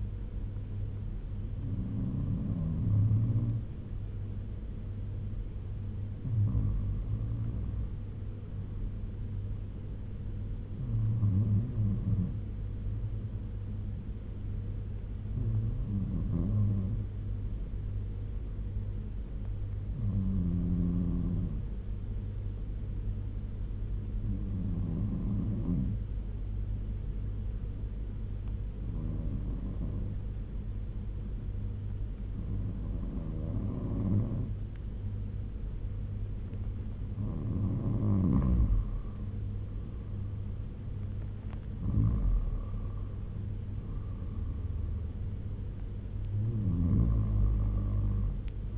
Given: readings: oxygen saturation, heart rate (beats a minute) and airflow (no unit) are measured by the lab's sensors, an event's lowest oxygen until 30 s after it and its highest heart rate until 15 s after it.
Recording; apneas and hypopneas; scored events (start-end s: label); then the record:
breathing in sleep by a smartphone at the bedside; 1
15.00-36.40 s: hypopnea (N2, oxygen 92% highest, then 87% lowest, heart rate 69 at the start, 76 highest)
From the record:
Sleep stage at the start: N2 (light sleep); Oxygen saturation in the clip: 89 to 92%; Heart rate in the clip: 65 to 76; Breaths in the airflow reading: 11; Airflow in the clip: -6.1 to 7.2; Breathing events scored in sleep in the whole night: 201 in 6.5 hours asleep